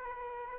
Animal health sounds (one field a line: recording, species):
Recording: mosquito wingbeat signal from an infrared sensor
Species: Aedes aegypti